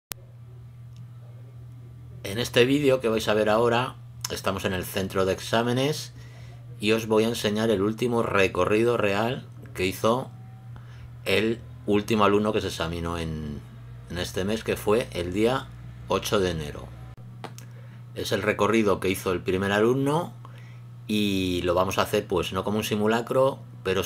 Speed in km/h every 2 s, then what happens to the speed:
0, 3, 4, 3, 11, 10, 8, 14, 15, 15, 15, 14.
0-15 pulls away to 15. 15-24 steady at about 15.